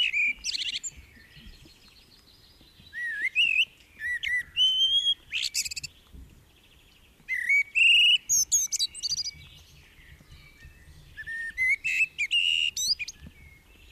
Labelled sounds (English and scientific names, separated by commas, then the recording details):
Common Blackbird (Turdus merula) song
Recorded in the wild
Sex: male
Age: adult
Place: Garmisch-Partenkirchen, Bayern, DE
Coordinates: 47.4933, 11.0794
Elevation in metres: 704
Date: 1969-04-13
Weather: Schneefall
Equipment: Uher 4000 Report
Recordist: Tretzel, Erwin